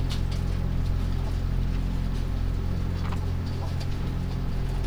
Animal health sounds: poultry house recording; sick chickens (respiratory disease)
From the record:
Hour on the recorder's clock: 0

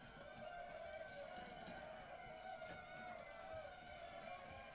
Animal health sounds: poultry house recording; healthy chickens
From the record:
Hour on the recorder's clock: 18

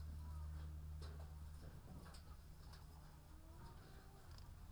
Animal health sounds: poultry house recording; sick chickens (respiratory disease)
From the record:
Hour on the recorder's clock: 14

